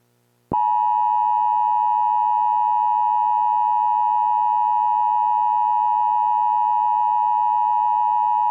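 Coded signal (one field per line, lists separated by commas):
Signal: Emergency Alert System (SAME) tones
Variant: 853 and 960 Hz attention tone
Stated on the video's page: Mock tornado warning scenario made in Adobe Premiere; the event never occurred.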